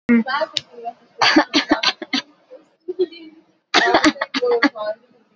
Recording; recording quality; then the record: shallow voluntary cough; moderate, slight background noise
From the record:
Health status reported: exposed to COVID-19, no respiratory illness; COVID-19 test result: negative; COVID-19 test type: RT-PCR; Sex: female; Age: 24 years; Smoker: no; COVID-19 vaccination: both doses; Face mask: worn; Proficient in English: yes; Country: India